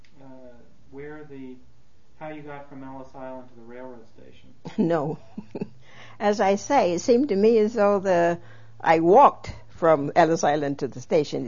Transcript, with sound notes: uh, where the, how you got from Ellis Island to the railroad station.
No. ( she laughs ) As I say, it seemed to me as though I walked from Ellis Island to the station.